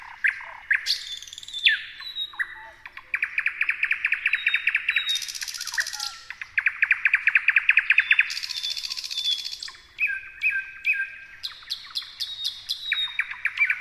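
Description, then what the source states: Thrush nightingale song: loud rapid rattling phrases and clicking trills around mid-high pitch, alternating with pure whistled notes, delivered in varied bursts with brief pauses between strophes. Several thrush nightingales singing together.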